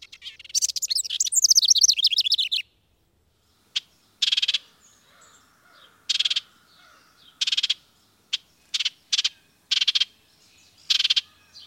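House wren singing a quick bubbling warble, then a series of harsh, buzzy chattering bursts at irregular intervals.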